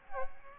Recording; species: mosquito wingbeat signal from an infrared sensor; Aedes aegypti